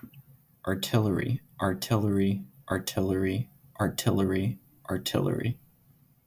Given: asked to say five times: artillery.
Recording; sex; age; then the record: repeated word; male; 20 to 29 years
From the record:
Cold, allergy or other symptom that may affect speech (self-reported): no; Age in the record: 21 years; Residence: New Hampshire, United States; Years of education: 14